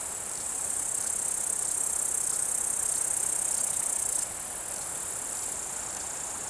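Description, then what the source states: Bush-cricket stridulation, a dense high-pitched hiss that swells loud for a few seconds then drops to a softer continuous buzz. Alpine pasture at Vallon de Combeau, Vercors, 7 August 2020 at 16:10; sings in early evening; recorded with Nagra Seven recorder and B&K omnidirectional microphone.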